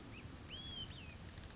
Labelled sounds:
Olive-sided Flycatcher (Contopus cooperi)
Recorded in Sonoma County, California

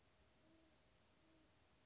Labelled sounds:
Great Horned Owl (Bubo virginianus)
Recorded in Sonoma County, California

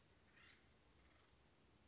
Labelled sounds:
Acorn Woodpecker (Melanerpes formicivorus)
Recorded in Sonoma County, California

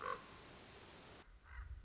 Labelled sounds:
Common Raven (Corvus corax)
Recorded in Sonoma County, California

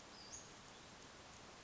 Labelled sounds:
Western Flycatcher (Empidonax difficilis)
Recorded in Sonoma County, California

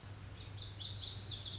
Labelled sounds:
Lazuli Bunting (Passerina amoena)
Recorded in Sonoma County, California

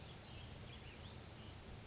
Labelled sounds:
Oak Titmouse (Baeolophus inornatus)
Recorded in Sonoma County, California

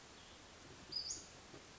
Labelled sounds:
Western Flycatcher (Empidonax difficilis)
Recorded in Sonoma County, California

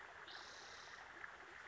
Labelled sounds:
Spotted Towhee (Pipilo maculatus)
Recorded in Sonoma County, California

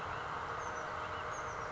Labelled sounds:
Oak Titmouse (Baeolophus inornatus)
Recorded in Sonoma County, California

